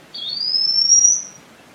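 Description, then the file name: Olive manakin song, a single thin high whistle drawn out and rising for just over a second, over faint background hiss. "Canto do dancarino olivaceo"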